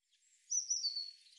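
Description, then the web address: Eurasian blue tit giving a thin, high-pitched call lasting under a second, made of slightly wavering notes that fade out, preceded by a faint high whistle; no other sounds. "cianscape birddata Deverinetal 2025 Bird Cy Ca"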